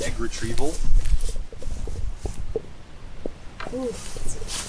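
Someone talks while handling the egg retrieval door on a chicken coop, lifting it toward the open position where its stay locks. Short, sharp handling knocks are heard between the talk. Nothing has seated or clicked yet; the stay has not locked open by the end of the clip.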